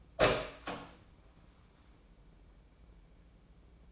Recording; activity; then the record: daily activity, microphone in the room; open door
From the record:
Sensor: 1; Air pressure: 1012.4 hPa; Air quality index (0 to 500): 164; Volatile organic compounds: 3 ppm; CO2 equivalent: 1344 ppm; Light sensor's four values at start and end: 799/1704/806/909 and 798/1700/805/907